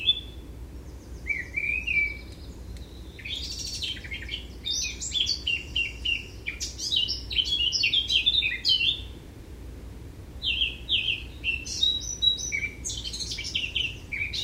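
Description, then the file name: Eurasian blackcap delivering several warbled song phrases of varied high notes, with pauses between phrases. "Sylvia atricapilla"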